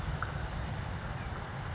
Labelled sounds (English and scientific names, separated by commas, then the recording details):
California Towhee (Melozone crissalis)
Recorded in Sonoma County, California